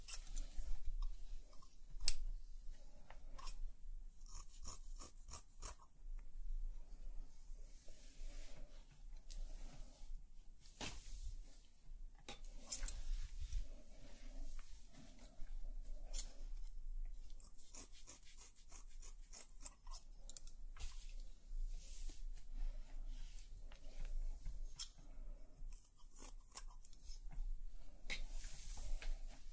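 Real hair cutting with scissors: quick, sharp snips come in irregular bursts across the half minute, clustered around the two-, five- and ten-second marks and later. Between cuts there are soft rustles and handling sounds over a steady low hum.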